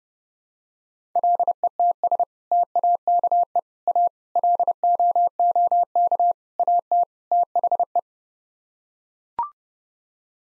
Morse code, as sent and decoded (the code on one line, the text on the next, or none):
.-.. . - ... / - .- -.- . / .- / .-.. --- --- -.- / .- - / - .... .
LETS TAKE A LOOK AT THE